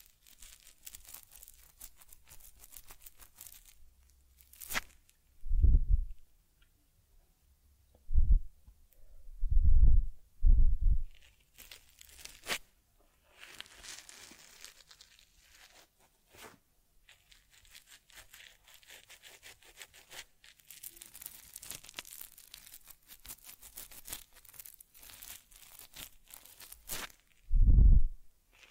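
Soft brushing, rubbing and crinkly scratching while caring for a teddy bear, with fine rustling textures running through most of the clip. Several louder, thumping handling sounds stand out near 5, 8, 10 and 28 seconds against otherwise quiet, steady fiddling.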